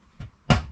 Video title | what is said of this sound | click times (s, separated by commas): Nissan Figaro Seat Removal and Refit Video | There we go, you can hear that click. | 0.5 s